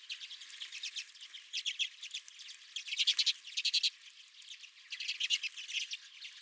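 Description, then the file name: Redpolls twittering in a group, soft chatter broken by louder rattling bursts around the middle and later on. Redpolls at the recordist's feeder. "Redpolls at My Feeder"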